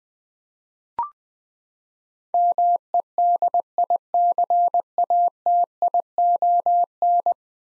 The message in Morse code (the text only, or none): MEDICATION